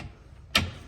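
A half door on a CFMOTO UFORCE 600 side-by-side is closed, and its two-stage latch catches the door striker with one sharp click at 0.6 s after a quiet low rumble. The latch has reached only the first stage, so the door still wiggles and must be shoved in further to lock into the second stage.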